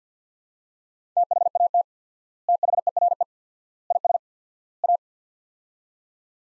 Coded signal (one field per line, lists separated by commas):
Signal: Morse code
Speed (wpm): 50 wpm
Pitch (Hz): 700 Hz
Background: none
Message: THAT THERE IS A